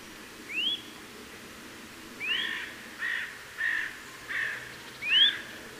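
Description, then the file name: Eurasian nuthatch with three upslurred whistled calls, interspersed with short, slightly harsher notes at a lower pitch, over gentle background hiss. "Sitta europaea"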